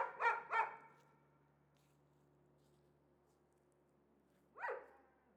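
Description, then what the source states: Dog barks: two quick harmonic barks at the start, a long pause, then a single bark near the end, over a steady low rushing background. Two or possibly three unseen dogs, apparently caged, excite each other at the slightest outside noise; Chamonix-Mont-Blanc, Auvergne-Rhône-Alpes, France; continuous rush of the Arveyron river in the distance.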